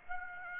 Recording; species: mosquito wingbeat signal from an infrared sensor; Aedes aegypti